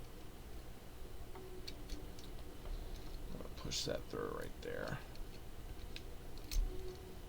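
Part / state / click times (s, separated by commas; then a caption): plastic building brick piece pushed through a mech leg joint / seated / 6.0 s. A plastic building brick piece is pushed through a leg joint of a knock-off Lego mech while someone talks. A sharp plastic click at 5.9 s shows the piece seating, followed by a few lighter taps.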